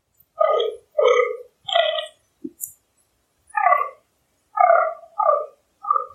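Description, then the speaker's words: Fallow deer groaning, a series of hoarse belching grunts with short silent gaps between them. Grunting fallow deer during the autumn rut. "Dit is de bronst van de damherten, is dit eigenlijk."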